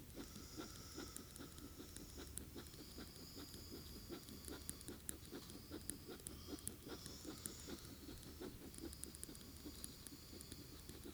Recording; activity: daily activity, guitar pickup as the sensor; write